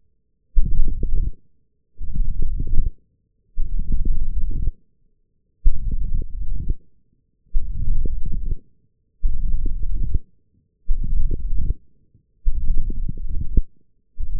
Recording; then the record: forearm muscle sounds (acoustic myography)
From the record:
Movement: forearm pronation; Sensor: system 1, eight BSWA MPA416 microphones around the upper forearm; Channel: 5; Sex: male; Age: 21 years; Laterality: right